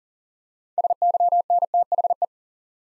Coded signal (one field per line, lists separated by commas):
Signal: Morse code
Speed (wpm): 44 wpm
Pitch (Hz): 700 Hz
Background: none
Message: SYNTHE